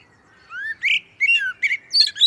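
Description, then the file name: Common blackbird song: a rising whistle, then several warbled fluty notes, closing with high squeaky flourishes. "Turdus merula"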